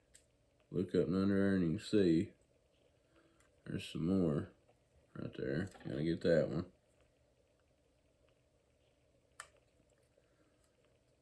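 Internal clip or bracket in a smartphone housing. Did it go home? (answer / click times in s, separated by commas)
released / 9.4 s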